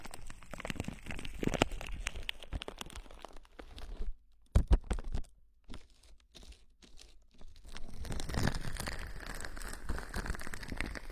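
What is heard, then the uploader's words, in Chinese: Foam plastic wrap is crumpled and rubbed in dense crinkling bursts, going nearly silent around five to seven seconds, then resuming steadily. 泡沫保鲜膜揉耳 耳边碎碎念。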